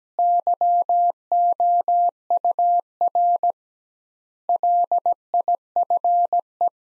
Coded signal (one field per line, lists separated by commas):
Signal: Morse code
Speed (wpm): 17 wpm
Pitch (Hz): 700 Hz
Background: none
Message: YOUR LIFE